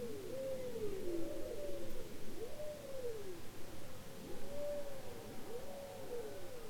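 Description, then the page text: Bowhead whale tonal calls, overlapping low arched whoops that rise and fall, repeating over a steady low underwater rumble. Bowhead whales described as copycats, imitating sounds heard in their environment. "Bowhead whales ( Balaena mysticetus ) are copycats, imitating sounds heard in their environment. Polar Research"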